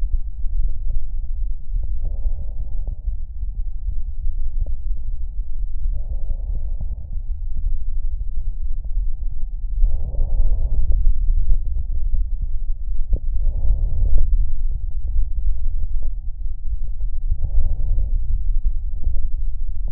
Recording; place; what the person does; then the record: lung sounds by stethoscope; left anterior apical chest; quiet breathing, then deep breathing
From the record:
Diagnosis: interstitial lung disease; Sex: female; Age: 60 years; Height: 152 cm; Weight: 55.9 kg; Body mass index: 24.2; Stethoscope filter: extended mode